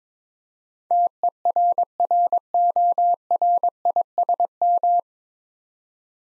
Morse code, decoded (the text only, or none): TERRORISM